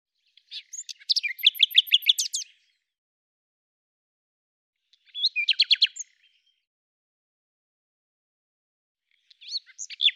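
Bird song in three bursts of rapid high chirps and trills, the first the longest, the others brief.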